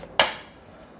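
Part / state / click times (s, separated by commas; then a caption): plastic switch plate onto wall light switch / seated / 0.2 s. A plastic switch plate, moved to the right position after being placed in the wrong spot, is pressed onto a wall light switch. One loud, sharp click sounds at 0.2 s and fades quickly into quiet. The plate clicks into place and is seated.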